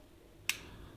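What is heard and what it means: After its entry part is lined up, the cover of a DJI Osmo Action 4 action camera is pressed shut into the camera body. It closes with a single sharp, bright snap at 0.5 s against a quiet background. The cover is seated, since it closes once it is lined up.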